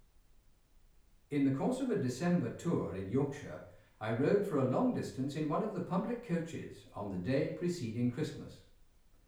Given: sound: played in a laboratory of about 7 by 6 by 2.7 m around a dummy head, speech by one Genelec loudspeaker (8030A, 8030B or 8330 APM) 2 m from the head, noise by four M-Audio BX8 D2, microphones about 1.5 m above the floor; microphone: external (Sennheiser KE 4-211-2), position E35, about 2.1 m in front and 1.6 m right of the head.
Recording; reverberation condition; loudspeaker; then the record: male speech in English; medium; behind (180 degrees)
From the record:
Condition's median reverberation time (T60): about 510 ms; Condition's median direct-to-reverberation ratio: about -0.5 dB